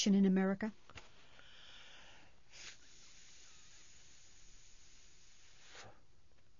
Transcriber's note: lets out breath